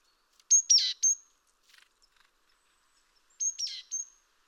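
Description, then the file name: Great tit giving two bursts of a thin high note leading into a rasping buzzy chatter, with a few faint soft ticks in the gap. "Parus major"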